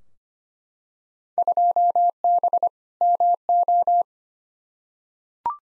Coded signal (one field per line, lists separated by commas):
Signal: Morse code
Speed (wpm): 25 wpm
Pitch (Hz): 700 Hz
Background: none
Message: 2B MO